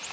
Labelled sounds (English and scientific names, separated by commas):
Yellow-rumped Warbler (Setophaga coronata) flight call